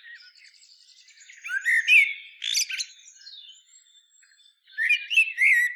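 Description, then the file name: Common blackbird song: quiet thin twittering at first, then a fluty warble with high squeaks, a pause of faint notes, and another mellow phrase at the close. "Turdus merula"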